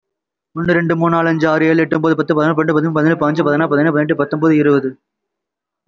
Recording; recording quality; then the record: counting at a fast pace; excellent, no background noise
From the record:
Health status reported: respiratory illness, not identified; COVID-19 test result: negative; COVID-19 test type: RT-PCR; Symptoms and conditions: cold, breathing difficulty, asthma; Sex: male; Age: 25 years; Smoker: no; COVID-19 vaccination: one dose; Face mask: worn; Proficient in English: yes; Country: India